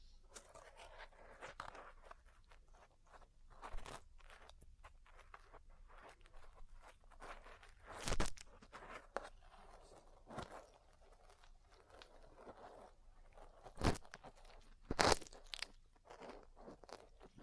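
Ear cleaning and massage sounds form a dense crackly rustle, broken by sharp louder taps around four, eight, fourteen and fifteen seconds.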